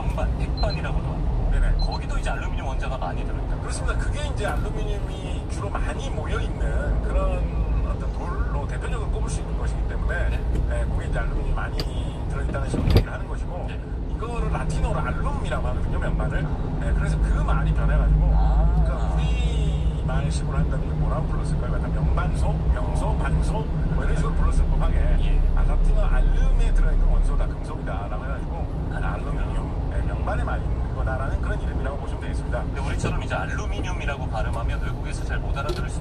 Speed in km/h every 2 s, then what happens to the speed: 21, 18, 16, 16, 17, 16, 15, 17, 19, 25, 26, 27, 28, 27, 25, 23, 21, 13.
0-12 steady at about 16. 12-19 speeds up to 26. 19-25 steady at about 27. 25-36 slows to 13.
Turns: none.